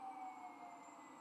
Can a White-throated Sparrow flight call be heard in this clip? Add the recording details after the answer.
no. No flight call is heard. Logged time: 04:50 on 13 November 2014